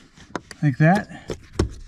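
A plastic cabin air filter cover (door) on a 2023 Mercedes GLA 250 is pressed back into its filter housing after a new cabin air filter is fitted. The cover snaps into place with a sharp click at 0.4 s, followed by softer clicks and someone talking. The clips seat fully and the cover is secured.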